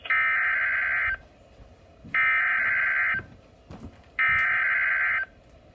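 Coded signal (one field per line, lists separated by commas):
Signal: Emergency Alert System (SAME) tones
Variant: header bursts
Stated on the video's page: Severe thunderstorm watches and warnings and a flash flood warning, recorded from NOAA Weather Radio station in Columbus, Ohio.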